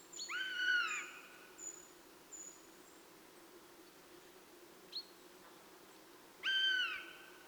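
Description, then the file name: Eurasian jay calls: a loud arching mew at the start and another near the end, separated by brief thin high whistles and one short downslurred note. "Garrulus glandarius"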